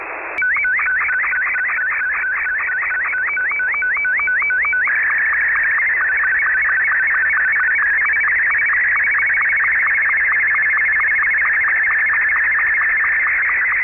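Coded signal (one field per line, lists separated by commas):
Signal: SSTV (slow-scan television)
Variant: Martin 2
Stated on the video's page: Signal received in Manchester UK on 14.230 MHz alongside SSTV reception.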